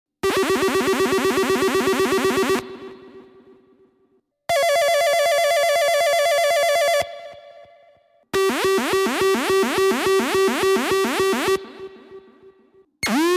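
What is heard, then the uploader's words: A dub siren fires three loud pulsing bursts, each pitch-wobbling rapidly, then cut off to leave a metallic spring-reverb tail fading away. DubSirenMachine Sound with SpringReverb. サイレンマシーンで効果音を作りました。 他の音に馴染み易いようにスプリングリバーブで、 軽く処理しています。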